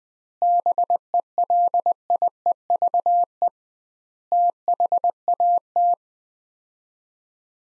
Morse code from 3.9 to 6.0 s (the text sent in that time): THAT